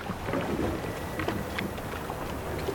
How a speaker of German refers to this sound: Da hinten beim Hafen ist gerade ein Motorboot losgefahren. Es kommt in unsere Richtung. Ja, vielleicht nur ein Fischerboot. Sieht aber nicht aus wie ein Fischerboot.